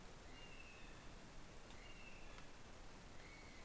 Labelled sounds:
North Island Brown Kiwi (Apteryx mantelli) male call
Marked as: faintness 3/5
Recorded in New Zealand on 13 December 2015
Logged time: 21:44
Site CL72

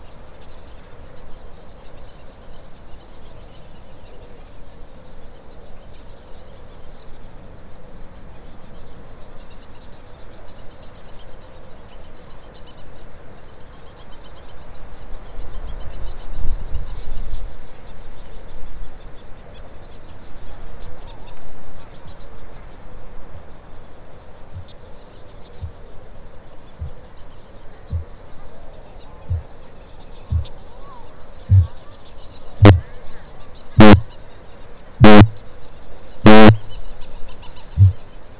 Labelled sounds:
Kākāpō (Strigops habroptilus) boom
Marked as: faintness 5/5, faintness 4/5, faintness 3/5, faintness 1/5
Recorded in New Zealand
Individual Stumpy

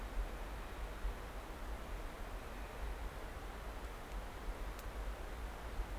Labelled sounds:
North Island Brown Kiwi (Apteryx mantelli) male call
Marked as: faintness 5/5
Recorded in New Zealand on 9 December 2013
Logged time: 23:28
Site DE65

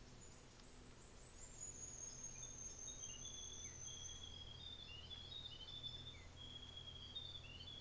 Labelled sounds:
New Zealand Fantail (Rhipidura fuliginosa)
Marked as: faintness 4/5, faintness 1/5, faintness 5/5
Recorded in New Zealand on 24 December 2018
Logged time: 13:05

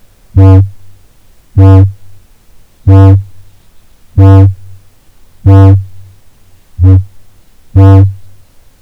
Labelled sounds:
Kākāpō (Strigops habroptilus) boom
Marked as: faintness 1/5
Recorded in New Zealand
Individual Ben

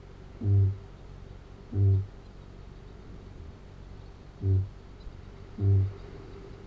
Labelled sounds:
Kākāpō (Strigops habroptilus) boom
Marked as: faintness 2/5
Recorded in New Zealand
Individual Arab

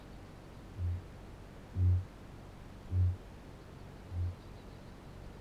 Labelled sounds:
Kākāpō (Strigops habroptilus) boom
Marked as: faintness 3/5, faintness 2/5
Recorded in New Zealand
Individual Barnard

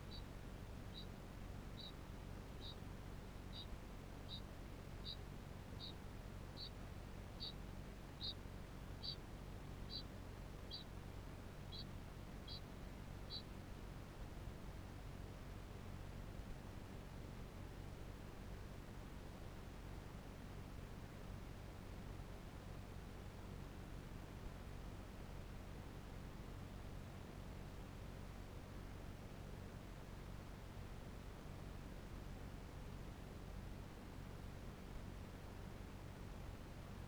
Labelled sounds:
Kākāpō (Strigops habroptilus) ching call
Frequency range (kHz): Kākāpō (Strigops habroptilus) 3.1-6.2 kHz
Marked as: faintness 3/5
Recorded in New Zealand
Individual Barnard

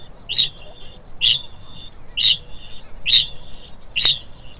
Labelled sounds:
Kākāpō (Strigops habroptilus) ching call
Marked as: faintness 2/5
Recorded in New Zealand
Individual Stumpy

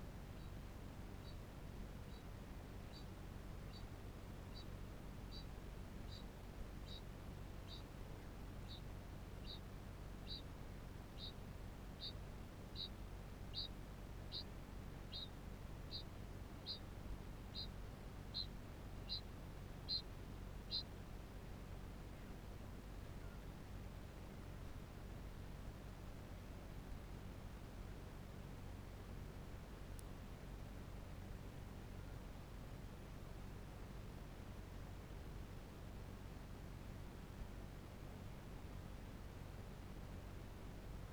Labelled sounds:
Kākāpō (Strigops habroptilus) ching call
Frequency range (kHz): Kākāpō (Strigops habroptilus) 2.3-10.3 kHz
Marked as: faintness 5/5, faintness 4/5
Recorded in New Zealand
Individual Barnard

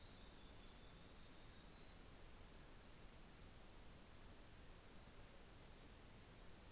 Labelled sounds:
New Zealand Fantail (Rhipidura fuliginosa)
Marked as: faintness 5/5, faintness 4/5
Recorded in New Zealand on 24 December 2018
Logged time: 13:40

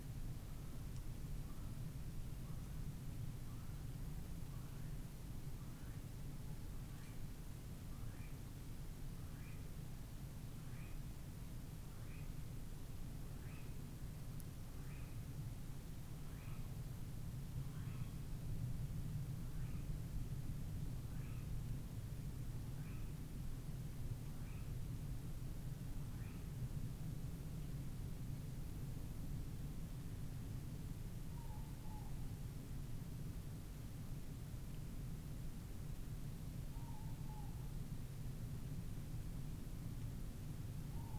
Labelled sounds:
North Island Brown Kiwi (Apteryx mantelli) female call
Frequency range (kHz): North Island Brown Kiwi (Apteryx mantelli) 0.5-7.0 kHz
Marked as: faintness 3/5
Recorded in New Zealand on 25 November 2015
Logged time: 01:28
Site CH66

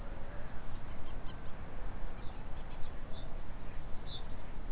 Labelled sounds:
Kākāpō (Strigops habroptilus) ching call
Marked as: faintness 4/5
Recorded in New Zealand
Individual Stumpy

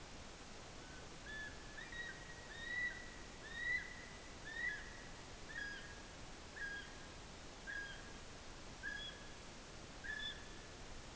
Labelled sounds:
North Island Brown Kiwi (Apteryx mantelli) male call
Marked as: faintness 2/5
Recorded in New Zealand on 16 June 2014
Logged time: 02:19

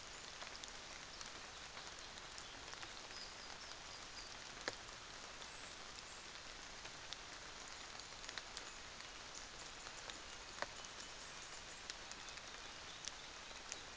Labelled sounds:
New Zealand Fantail (Rhipidura fuliginosa)
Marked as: faintness 4/5
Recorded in New Zealand on 24 December 2018
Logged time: 06:00

